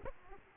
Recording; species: mosquito wingbeat signal from an infrared sensor; Aedes aegypti